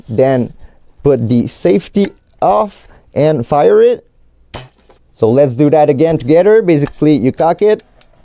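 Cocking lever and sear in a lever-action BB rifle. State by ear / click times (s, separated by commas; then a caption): not seated / none. Someone talks while handling an Umarex Marlin lever-action BB gun, starting to work the lever to cock it, which engages the cocking lever and sear. The clip ends before the mechanism latches fully cocked; nothing has seated or clicked into place yet.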